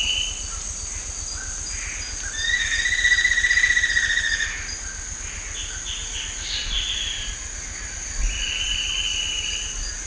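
Bird giving a drawn-out level harmonic note, then a few short notes and a flat trill later, over a steady high insect drone.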